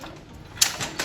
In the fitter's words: Release the red tab. You'll hear it click once.